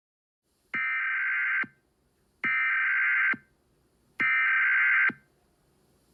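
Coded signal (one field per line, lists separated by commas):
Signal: Emergency Alert System (SAME) tones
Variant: header bursts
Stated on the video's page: Fictional EAS horror scenario, a simulated alert.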